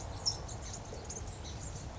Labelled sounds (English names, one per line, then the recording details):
California Towhee
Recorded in Sonoma County, California